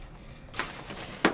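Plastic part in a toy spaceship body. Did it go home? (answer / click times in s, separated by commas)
yes / 1.2 s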